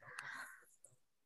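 One breathy, slightly wheezy snoring breath from a pet dog fast asleep at the foot of the bed. It starts loud and fades within about a second, with a faint click near the end. This is ordinary snoring in a resting pet, heard in the background of a quiet room.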